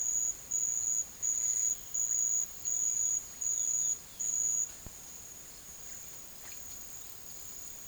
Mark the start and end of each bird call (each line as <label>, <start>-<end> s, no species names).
bird call, 2.17-4.42 s